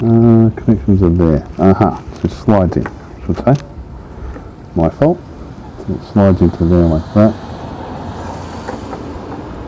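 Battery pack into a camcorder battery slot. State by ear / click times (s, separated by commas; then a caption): not seated / none. A battery pack is slid into the battery slot of a Sony HD 70P video camera while someone talks. Only speech and faint handling noise are heard, with no distinct click. Nothing has seated or clicked yet.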